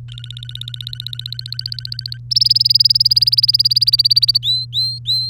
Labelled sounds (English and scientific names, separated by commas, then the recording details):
Domestic Canary (Serinus canaria) song
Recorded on 3 May 2018 at 13:23
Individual llb3